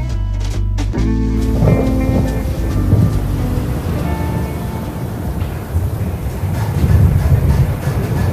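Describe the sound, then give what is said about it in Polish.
Loud thunder from an approaching storm rolls on without a break, a deep, heavy rumble that swells and churns for several seconds, with a faint tonal hum underneath at the start. “Ale czy to z powodu nadchodzącej burzy, czy z innych nieoczywistych przyczyn, wyobraziłem sobie to wszystko.”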